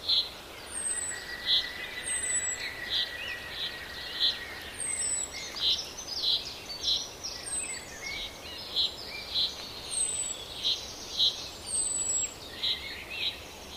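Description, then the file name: Common chaffinch calls: short sharp notes repeated about every second, with thin high descending whistles recurring over a steady hiss. "Fringilla coelebs"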